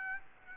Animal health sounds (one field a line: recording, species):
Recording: mosquito wingbeat signal from an infrared sensor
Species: Aedes aegypti